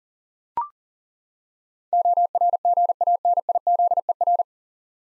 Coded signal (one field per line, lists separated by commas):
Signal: Morse code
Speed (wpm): 40 wpm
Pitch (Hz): 700 Hz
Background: none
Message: ORGANIZER